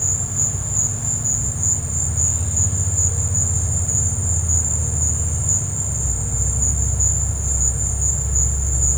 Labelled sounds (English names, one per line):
none